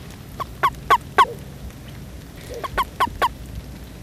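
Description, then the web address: Frog giving two short bursts of clipped, nasal croaks, three notes in each, separated by a pause of over a second, over a low background hum. "Frogs World"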